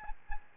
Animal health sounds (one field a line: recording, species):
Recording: mosquito wingbeat signal from an infrared sensor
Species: Aedes albopictus